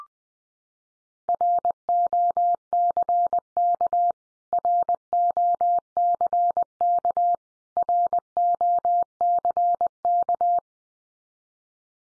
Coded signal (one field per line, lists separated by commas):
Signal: Morse code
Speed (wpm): 19 wpm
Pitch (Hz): 700 Hz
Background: none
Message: ROCK ROCK ROCK